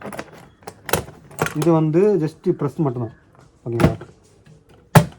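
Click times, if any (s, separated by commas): 5.0 s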